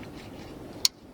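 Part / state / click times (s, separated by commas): power connector into power steering motor / seated / 0.9 s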